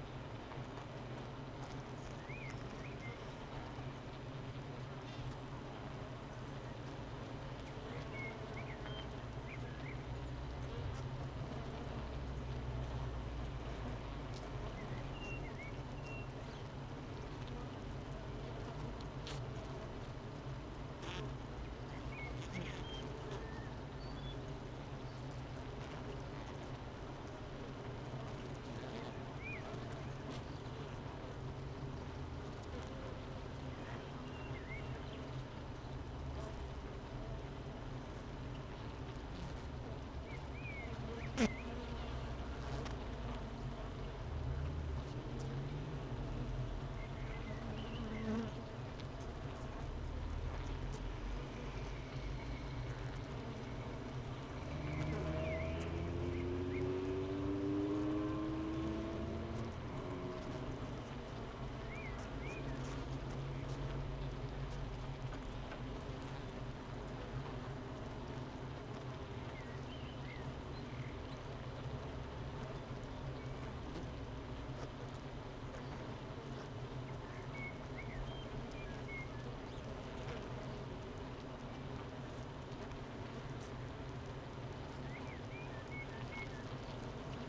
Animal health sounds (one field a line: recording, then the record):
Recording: honeybee colony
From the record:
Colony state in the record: missing queen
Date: 31 May 2018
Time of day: 8:01